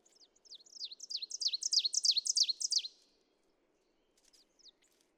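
Ovenbird song: a rapid series of sharp, down-slurred paired notes that grows steadily louder for about two seconds, then stops, with faint notes afterward.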